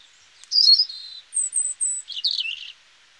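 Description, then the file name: European robin song with a bright warbled phrase, three very high thin downslurred notes, then a quick descending twitter. "Erithacus rubecula"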